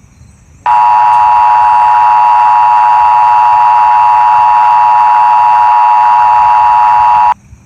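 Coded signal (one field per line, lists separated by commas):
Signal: Emergency Alert System (SAME) tones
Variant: 853 and 960 Hz attention tone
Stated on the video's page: Fictional EAS scenario; the tones are loud.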